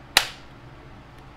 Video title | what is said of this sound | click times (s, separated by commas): Rigid R86115 Cordless Power Drill Features and Bit Change | just like that and then just push till you hear a click | 0.2 s